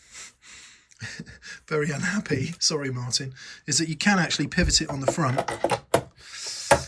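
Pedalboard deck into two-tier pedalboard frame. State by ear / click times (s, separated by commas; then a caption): seated / 6.7 s. Someone talks while a pedalboard deck is pivoted on its front edge in a two-tier pedalboard frame. At 6.7 s a single sharp knock is heard as the deck clicks into the rear mount at the back of the frame and seats, though the fit is a bit awkward.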